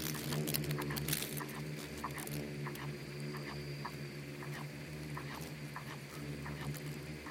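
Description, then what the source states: Swarming insects give a continuous low buzzing drone, with many quick irregular clicks and crackles running through the whole stretch. Bugs and beetles swarming in the Namib desert; quiet desert soundscape of micro-sounds.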